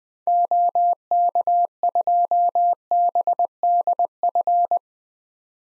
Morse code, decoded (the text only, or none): OK2BDF